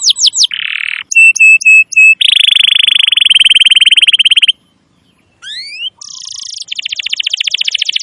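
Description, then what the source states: Canary song: a few swept notes, a buzzy trill, clipped repeated whistles and a long fast rattle, then a pause before rising slurs and another rapid trill. Used as a lure recording for birds.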